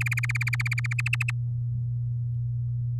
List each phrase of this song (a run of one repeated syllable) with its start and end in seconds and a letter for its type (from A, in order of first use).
0.01-0.93 A, 0.98-1.31 B